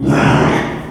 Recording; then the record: squeal of a Yucatan mini pig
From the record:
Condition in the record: after surgery on the right vocal fold (resection and tissue-engineered implant); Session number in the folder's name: 3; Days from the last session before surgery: 33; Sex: male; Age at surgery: 12 weeks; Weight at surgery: 13 kg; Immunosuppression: cyclosporine, prednisolone